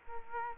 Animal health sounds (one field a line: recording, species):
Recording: mosquito wingbeat signal from an infrared sensor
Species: Culex quinquefasciatus